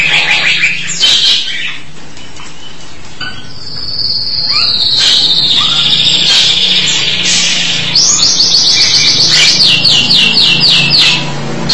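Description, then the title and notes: Starling song with sweeping whistles and a long sustained high whistle, ending in a fast run of repeated notes. "suara burung jalak"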